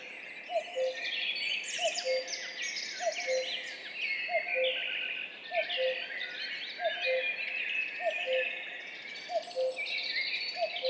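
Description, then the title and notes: Common cuckoo repeating its low two-note 'cu-coo', the second note lower, while many songbirds trill and warble above. Duet of two common cuckoos recorded at 5:20 at dawn on 14 May 2019, in spring, on the Piste aux espagnols, Val Maravel; stereo recording with Mixpre3 and MKH8020 microphones. "Duo de coucou. 14 mai 2019-Piste aux espagnols - Val Maravel - 5h20. un mémorable duo de deux coucous gris"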